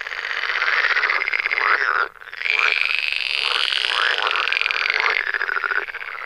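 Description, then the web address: Pool frogs in full chorus, harsh rattling croaks with whining upper tones, one short break before the calling continues steadily. "Tajemnice puszczy Zaba jeziorkowa"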